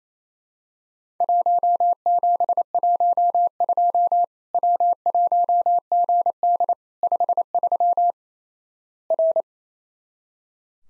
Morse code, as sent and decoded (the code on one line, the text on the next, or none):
.---- --... .---- ..--- / .-- .---- --. -.. / ..... ...-- / .-.
1712 W1GD 53 R